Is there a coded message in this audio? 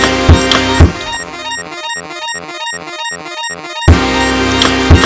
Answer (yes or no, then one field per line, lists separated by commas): no